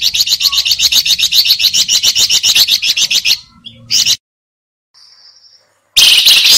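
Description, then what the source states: Sooty-headed bulbul calls: a fast, evenly pulsed chattering series for over three seconds, a short pause with faint notes, then another burst of harsh chatter. Lure recording (pikat) in a noisy, combined calling style.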